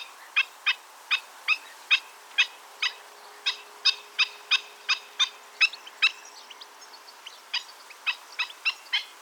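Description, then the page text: Black-winged stilt giving sharp, yelping kek notes with a nasal edge, repeated roughly two to three times a second in an uneven series, with a faint steady hum beneath. "Marco Dragonetti - Ходулочник (Himantopus himantopus)"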